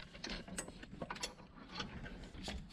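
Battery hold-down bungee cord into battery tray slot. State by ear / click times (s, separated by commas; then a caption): not seated / none. The rubber bungee cord that holds down the battery on a Toro TimeCutter zero-turn mower is handled, with its hook being worked toward a slot on the back side of the battery tray. Short, sharp ticks and rattles are heard at about 0.2, 0.6, 1.1 and 1.2 s over low scraping handling noise. Nothing has clicked into the slot or seated yet.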